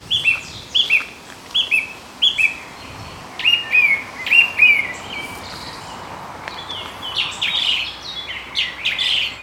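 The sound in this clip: Bird tweeting with clear whistled notes that drop in pitch, repeated in a quick series, then turning into a busier mix of chirps and trills.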